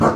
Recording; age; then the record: pig call; growing-finishing pig (85 days or more)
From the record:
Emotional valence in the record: positive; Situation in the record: run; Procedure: transit